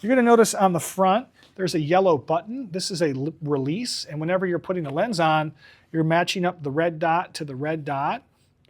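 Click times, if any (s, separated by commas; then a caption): none. A Micro Four Thirds interchangeable lens is being lined up red dot to red dot with the lens mount of a studio camera body, which has a yellow release button on the front. Someone talks throughout, and two faint ticks come at 8.7 s and 8.8 s as the clip ends. Nothing has seated or clicked into the mount yet.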